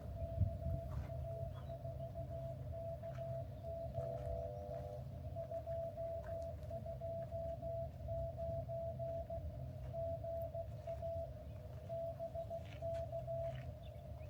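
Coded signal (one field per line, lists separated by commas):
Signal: Morse code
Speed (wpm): 17 wpm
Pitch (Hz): 660 Hz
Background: none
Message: KA4KOE 229 GA BK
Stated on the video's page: Morse from a park activation in the Angeles National Forest near Mount Wilson.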